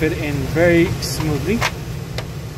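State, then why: Seated. Someone talks while sliding a plastic cover or baffle with one hand smoothly into a small retaining hook inside a UCS B200 M4 blade server, over a steady low hum. A single short tick at 2.2 s marks the piece snapping into its hook, seated.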